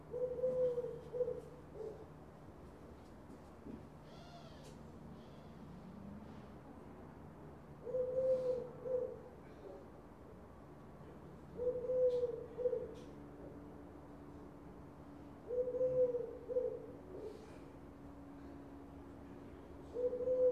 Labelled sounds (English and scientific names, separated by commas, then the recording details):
Eurasian Collared Dove (Streptopelia decaocto)
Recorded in the wild
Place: La Rochelle, FR
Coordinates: 46.1622, 1.15111
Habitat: city
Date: 2011-09-15
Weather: 15°C, sunny
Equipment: Zoom H2
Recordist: Frommolt, Karl-Heinz